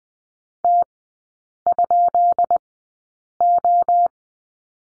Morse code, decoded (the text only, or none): T?O